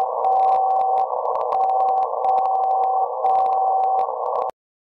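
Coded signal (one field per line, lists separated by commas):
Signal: radio time signal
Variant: WWVB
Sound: steady beat tone in hiss, dropping out briefly once each second, four cycles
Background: radio static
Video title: 60 KHZ Time signal Way down low band stuff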